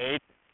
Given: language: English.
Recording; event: throat vibration sensor signal played as sound; speech